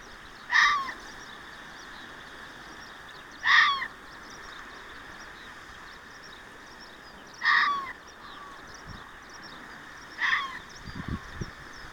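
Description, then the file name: Fox barking: four short, hoarse barks spaced roughly three to four seconds apart over a steady background hiss. Recorded 6 June 2024. "キツネ 240606"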